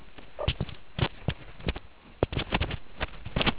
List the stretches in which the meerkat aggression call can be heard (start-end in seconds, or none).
none